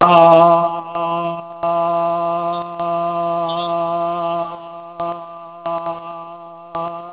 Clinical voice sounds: sustained vowel /a/ by telephone; male; 70 to 79 years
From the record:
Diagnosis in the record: Parkinson's disease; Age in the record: 72 years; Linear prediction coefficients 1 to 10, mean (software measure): 1.43, -0.57, -0.19, -0.47, 0.63, 0.07, -0.33, -0.15, 0.21, 0.01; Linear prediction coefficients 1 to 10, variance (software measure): 0.037, 0.095, 0.062, 0.095, 0.098, 0.034, 0.034, 0.032, 0.044, 0.011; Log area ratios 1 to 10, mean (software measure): -2.16, 2.53, -0.06, -0.02, -0.12, 0.96, 0.44, -0.34, -0.46, -0.02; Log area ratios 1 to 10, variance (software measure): 0.037, 0.282, 0.193, 0.063, 0.205, 0.069, 0.044, 0.074, 0.040, 0.046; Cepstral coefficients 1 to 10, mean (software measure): 1.43, 0.47, -0.04, -0.70, -0.34, 0.02, 0.01, 0.02, 0.05, -0.05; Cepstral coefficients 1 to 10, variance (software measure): 0.037, 0.025, 0.021, 0.018, 0.007, 0.006, 0.004, 0.003, 0.005, 0.002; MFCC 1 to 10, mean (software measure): -6.35, 1.61, -0.78, -1.50, 0.52, 0.55, -0.82, 0.68, 0.19, 0.22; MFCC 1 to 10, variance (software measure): 2.945, 0.027, 0.043, 0.046, 0.064, 0.113, 0.063, 0.070, 0.086, 0.058

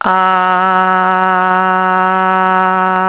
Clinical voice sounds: sustained vowel /a/ by telephone; female; 40 to 49 years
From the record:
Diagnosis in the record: healthy control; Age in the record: 43 years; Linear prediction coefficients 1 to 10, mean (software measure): 1.74, -1.86, 1.18, -0.93, 0.88, -0.67, 0.13, 0.21, -0.21, 0.11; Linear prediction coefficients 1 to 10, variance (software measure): 0.077, 0.282, 0.440, 0.328, 0.255, 0.176, 0.088, 0.039, 0.018, 0.004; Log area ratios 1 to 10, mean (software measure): -1.59, 2.34, -0.90, 0.43, 0.03, 0.63, -0.49, 0.05, 0.04, -0.22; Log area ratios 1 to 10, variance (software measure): 0.007, 0.027, 0.088, 0.063, 0.019, 0.035, 0.094, 0.035, 0.014, 0.016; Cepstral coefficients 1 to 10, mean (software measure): 1.74, -0.30, -0.31, -0.46, 0.04, 0.20, -0.10, 0.02, 0.02, 0.01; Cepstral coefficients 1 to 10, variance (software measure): 0.077, 0.014, 0.008, 0.007, 0.003, 0.003, 0.003, 0.001, 0.002, 0.001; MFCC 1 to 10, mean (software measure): -2.34, 1.12, -1.52, 0.04, 0.42, -0.01, 0.08, 0.49, -0.29, -0.61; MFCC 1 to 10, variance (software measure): 0.136, 0.027, 0.014, 0.026, 0.010, 0.015, 0.010, 0.012, 0.011, 0.005

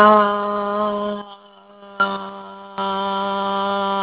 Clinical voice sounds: sustained vowel /a/ by telephone; female; 50 to 59 years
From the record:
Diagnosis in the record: Parkinson's disease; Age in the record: 57 years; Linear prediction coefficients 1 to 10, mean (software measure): 1.23, -0.24, -0.55, -0.24, 0.94, -0.47, -0.24, 0.17, 0.09, -0.12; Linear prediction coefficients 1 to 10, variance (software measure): 0.080, 0.192, 0.079, 0.083, 0.084, 0.054, 0.057, 0.025, 0.061, 0.024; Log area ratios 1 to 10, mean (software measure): -1.85, 1.42, 0.33, -0.16, -0.63, 0.92, -0.01, -0.22, 0.04, 0.24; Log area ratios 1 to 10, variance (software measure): 0.118, 0.396, 0.334, 0.194, 0.276, 0.071, 0.084, 0.053, 0.061, 0.101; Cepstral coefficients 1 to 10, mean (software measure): 1.23, 0.56, -0.23, -0.66, 0.16, -0.03, 0.03, 0.05, -0.12, -0.03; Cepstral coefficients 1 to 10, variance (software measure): 0.080, 0.029, 0.020, 0.020, 0.012, 0.011, 0.009, 0.005, 0.004, 0.004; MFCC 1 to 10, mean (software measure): -6.12, 1.29, -0.53, -0.97, 1.05, -0.36, -0.50, 0.23, 0.02, 0.21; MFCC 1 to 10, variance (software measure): 4.743, 0.054, 0.071, 0.080, 0.061, 0.036, 0.079, 0.069, 0.127, 0.061

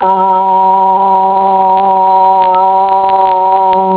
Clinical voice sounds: sustained vowel /a/ by telephone; female; 70 to 79 years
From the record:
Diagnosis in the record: Parkinson's disease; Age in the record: 74 years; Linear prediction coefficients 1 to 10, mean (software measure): 1.52, -0.68, -0.39, 0.09, 0.07, 0.06, -0.09, -0.01, -0.09, 0.03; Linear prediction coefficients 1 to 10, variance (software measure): 0.047, 0.061, 0.021, 0.026, 0.020, 0.025, 0.015, 0.011, 0.013, 0.008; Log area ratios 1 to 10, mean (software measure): -2.08, 3.64, -0.25, -0.48, 0.17, 0.40, 0.41, 0.17, 0.09, -0.06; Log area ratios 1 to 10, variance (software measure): 0.010, 0.168, 0.278, 0.035, 0.074, 0.037, 0.051, 0.037, 0.038, 0.034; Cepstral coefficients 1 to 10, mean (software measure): 1.52, 0.49, -0.24, -0.50, -0.49, -0.24, -0.04, 0.14, 0.12, 0.10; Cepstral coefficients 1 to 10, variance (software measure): 0.047, 0.020, 0.010, 0.006, 0.011, 0.006, 0.003, 0.004, 0.001, 0.002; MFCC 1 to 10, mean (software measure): -3.76, 1.89, -0.86, -1.91, -0.30, 0.66, 0.26, -0.53, -0.69, -0.10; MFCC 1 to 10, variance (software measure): 0.124, 0.072, 0.072, 0.078, 0.116, 0.113, 0.053, 0.034, 0.022, 0.040

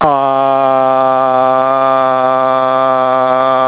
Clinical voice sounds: sustained vowel /a/ by telephone; male; 60 to 69 years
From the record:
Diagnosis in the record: healthy control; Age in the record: 69 years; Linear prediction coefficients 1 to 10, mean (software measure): 1.57, -0.98, -0.09, 0.04, 0.19, -0.29, 0.32, -0.60, 0.41, -0.11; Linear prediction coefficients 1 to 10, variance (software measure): 0.017, 0.045, 0.038, 0.063, 0.068, 0.025, 0.043, 0.059, 0.044, 0.009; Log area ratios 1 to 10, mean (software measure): -2.12, 2.61, -0.39, -0.09, 0.57, 0.78, 0.15, 0.28, -0.48, 0.22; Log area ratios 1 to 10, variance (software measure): 0.013, 0.046, 0.069, 0.040, 0.056, 0.030, 0.026, 0.061, 0.026, 0.036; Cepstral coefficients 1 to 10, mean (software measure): 1.57, 0.26, -0.35, -0.52, -0.26, -0.21, 0.18, -0.15, -0.05, -0.04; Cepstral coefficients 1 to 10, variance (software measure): 0.017, 0.006, 0.015, 0.009, 0.004, 0.004, 0.007, 0.006, 0.001, 0.003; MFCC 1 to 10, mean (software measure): -2.89, 1.45, -1.20, -1.08, 0.08, -0.37, -0.30, 0.49, 0.77, -0.12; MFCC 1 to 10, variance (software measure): 0.039, 0.022, 0.017, 0.040, 0.025, 0.075, 0.027, 0.022, 0.050, 0.016

